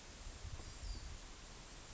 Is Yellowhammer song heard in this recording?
no